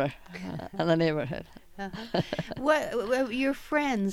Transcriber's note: she laughs